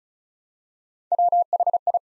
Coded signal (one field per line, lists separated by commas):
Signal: Morse code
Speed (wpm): 36 wpm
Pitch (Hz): 700 Hz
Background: none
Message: WHI